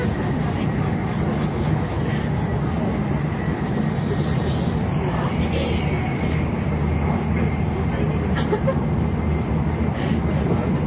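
Aboard a JR 700 series Shinkansen running between Kyoto and Shin-Yokohama, a steady low rumble and rushing hum fill the whole clip without letup. Faint murmurs of voices drift underneath, and a brief brighter whoosh swells around the middle.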